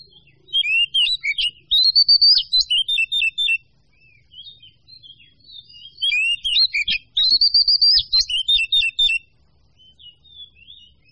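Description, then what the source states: Bird song: a high, rapid chattering and warbling phrase of sharp notes, sung twice about five seconds apart against a quiet background. Mixed birds.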